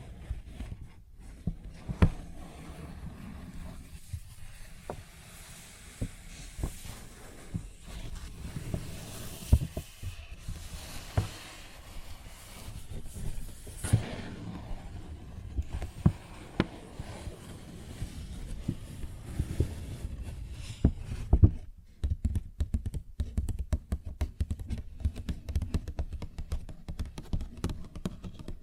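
Paper bag being tapped and scratched, with irregular sharp taps scattered throughout over a low, rumbling rustle. Louder clicks land around 2, 10, 14 and 21 seconds. After about 21 seconds the rustling thins out and the taps become sparser and crisper.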